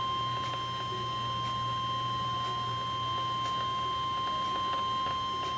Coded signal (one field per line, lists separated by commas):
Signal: Emergency Alert System (SAME) tones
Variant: 1050 Hz attention tone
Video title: EAS Alert #64